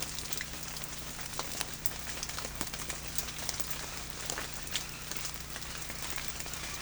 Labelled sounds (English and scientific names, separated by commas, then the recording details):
none
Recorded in pastures near Puerto Asís, Putumayo, Colombia, on 21 March 2025 at 13:00
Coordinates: 0.505, -76.324
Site GP08